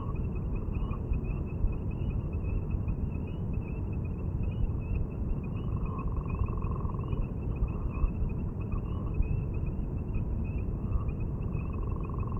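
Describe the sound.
Gopher frog giving pulsed, snoring calls, the longest near six seconds and from about eleven seconds, over a dense low rumble and a steady high insect-like trill.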